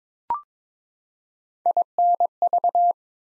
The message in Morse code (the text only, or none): INV